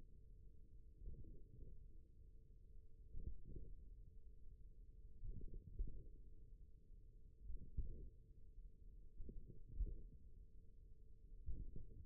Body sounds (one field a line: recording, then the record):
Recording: forearm muscle sounds (acoustic myography)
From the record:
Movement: tripod grip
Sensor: system 1, eight BSWA MPA416 microphones around the upper forearm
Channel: 2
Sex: male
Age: 41 years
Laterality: right